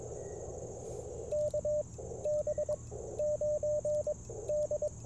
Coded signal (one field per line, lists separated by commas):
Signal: Morse code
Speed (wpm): 22 wpm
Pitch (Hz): 590 Hz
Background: radio noise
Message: KB9D